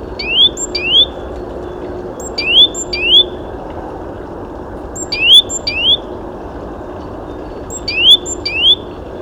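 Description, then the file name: Great tit call phrases, each a few bright rising notes, repeated every two to three seconds over steady low background noise. "Parus major"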